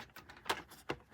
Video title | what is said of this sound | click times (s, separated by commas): Live Stamping Class Sunday | you can hear it snap right in place okay and then I'm going to grab | 0.9 s